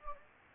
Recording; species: mosquito wingbeat signal from an infrared sensor; Anopheles gambiae